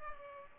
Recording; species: mosquito wingbeat signal from an infrared sensor; Culex pipiens